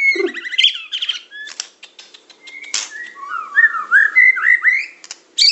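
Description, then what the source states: Bird song mixing harsh buzzy bursts and scratchy clicks with a run of rising and falling whistled notes, varied and irregular throughout. Masteran song-training material for songbirds.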